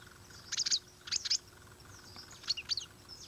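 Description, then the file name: Dragon bird chirps, high and buzzy, delivered as two fast clusters, a short pause, then softer thin notes near the end. "Canto do passaro dragao"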